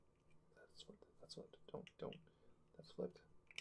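A small plastic part is handled and fitted onto a toy or model kit after it is noticed to be flipped, while someone talks. Soft handling sounds run under the speech, with brief sharp ticks right at the end. Nothing has seated or clicked into place yet.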